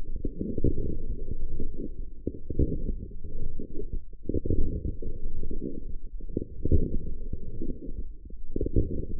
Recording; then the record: forearm muscle sounds (acoustic myography)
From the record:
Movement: forearm pronation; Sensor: system 1, eight BSWA MPA416 microphones around the upper forearm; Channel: 6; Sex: female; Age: 20 years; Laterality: right